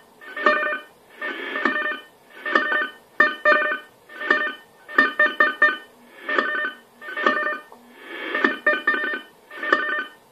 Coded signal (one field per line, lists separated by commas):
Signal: unidentified radio signal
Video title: AMIS Signal der Energie AG Oberösterreich im Langwellenbereich 2014 03 15 14 49 18